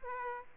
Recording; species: mosquito wingbeat signal from an infrared sensor; Aedes aegypti